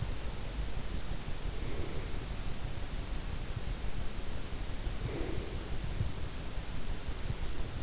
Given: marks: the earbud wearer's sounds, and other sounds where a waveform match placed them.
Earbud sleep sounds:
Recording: sounds in sleep by an in-ear microphone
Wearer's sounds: breath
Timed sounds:
1.54-2.54 s: breath
4.98-6.10 s: breath

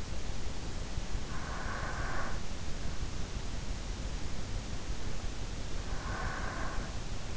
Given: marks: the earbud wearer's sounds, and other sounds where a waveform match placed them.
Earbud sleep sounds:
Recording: sounds in sleep by an in-ear microphone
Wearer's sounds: breath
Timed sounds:
0.63-2.61 s: breath
5.72-7.37 s: breath

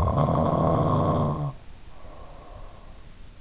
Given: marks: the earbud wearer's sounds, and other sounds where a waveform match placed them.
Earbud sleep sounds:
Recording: sounds in sleep by an in-ear microphone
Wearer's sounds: snoring breath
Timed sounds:
0.00-3.02 s: snoring breath

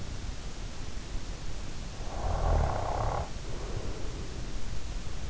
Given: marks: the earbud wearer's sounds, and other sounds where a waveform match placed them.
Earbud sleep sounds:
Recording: sounds in sleep by an in-ear microphone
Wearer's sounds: snoring breath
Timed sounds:
2.03-4.78 s: snoring breath

